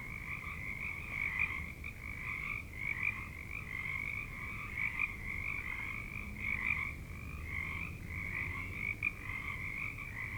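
Frog chorus of steady pulsing croaks, overlapping callers with small gaps, beneath a constant low rumble.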